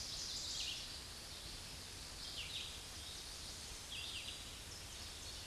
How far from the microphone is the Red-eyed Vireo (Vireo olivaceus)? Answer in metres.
about 45 m